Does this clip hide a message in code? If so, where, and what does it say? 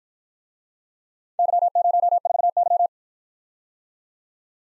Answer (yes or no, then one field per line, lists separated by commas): yes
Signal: Morse code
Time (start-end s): 1.4-2.9 s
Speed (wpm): 51 wpm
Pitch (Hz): 700 Hz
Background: none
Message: Y04Y